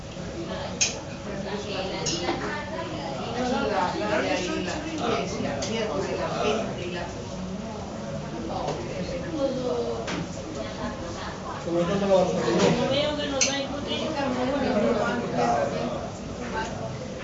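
Chatter fills a bar in Barcelona, many voices overlapping steadily, with occasional clinks of dishes and a louder swell of talk around twelve seconds.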